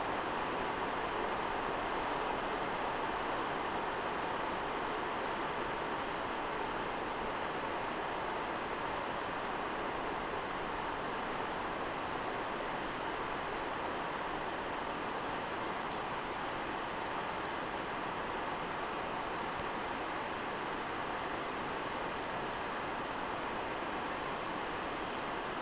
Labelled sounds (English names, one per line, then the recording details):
none
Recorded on Arctic tundra, site NAIT-1, on 29 June 2018
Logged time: 01:00